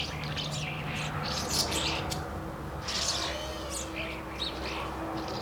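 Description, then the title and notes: Starlings chattering: rapid mix of squeaky notes, short whistles and rasping sounds, with a constant low hum beneath. Starlings, Rue Henri Jomain, Niévroz, France; Sony PCM-D100 internal microphones in wide position. "Niévroz, France, Rue Henri Jomain - starlings and a fly. étourneaux et une mouche"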